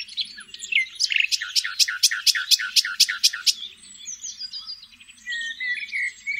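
Common nightingale song: a loud burst of around ten evenly spaced repeated notes, then quieter scattered whistles and twittering; a faint low hum persists in the background.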